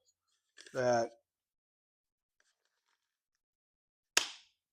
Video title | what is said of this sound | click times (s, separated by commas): Stanadyne FM100 Fuel Fliter Base and Filters Basics | makes a click on the filter it even says tighten it till you hear something there's a picture of an ear | 4.2 s